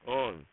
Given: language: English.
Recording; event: throat vibration sensor signal played as sound; speech